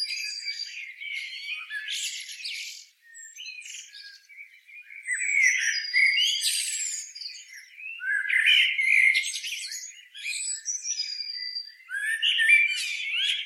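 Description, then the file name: Eurasian blackbird producing bursts of shrill, scratchy twittering broken by short pauses, with high squeaks and brief whistled strokes repeating throughout. "Turdus merula"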